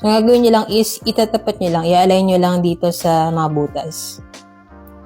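A replacement silicone strap end is held and aligned with the holes on a Samsung Galaxy Fit 3 fitness tracker body, to be pushed in until it clicks, the click meaning it is locked. Someone talks throughout with music in the background. The strap has not clicked into the tracker yet.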